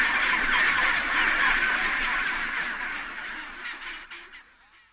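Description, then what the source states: Chinstrap penguins in a noisy colony, a continuous harsh chatter of many birds that fades away toward the end. Recorded at a rookery.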